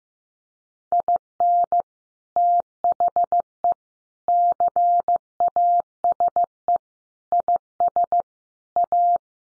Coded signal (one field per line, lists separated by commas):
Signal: Morse code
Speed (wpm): 15 wpm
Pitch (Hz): 700 Hz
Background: none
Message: IN THE CASE IS A